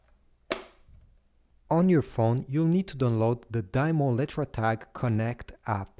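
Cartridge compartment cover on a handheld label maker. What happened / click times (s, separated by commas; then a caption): The plastic cover snapped shut / 0.5 s. The plastic cartridge compartment cover of a DYMO LetraTag 200B handheld label maker is closed after a paper cartridge has been inserted, and it snaps shut with one sharp, loud click at 0.5 s. After a short quiet gap, someone talks for the rest of the clip.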